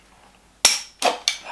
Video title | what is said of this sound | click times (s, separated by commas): Wolverine MTW 7 Inch Unboxing Review | just locks in | 0.6 s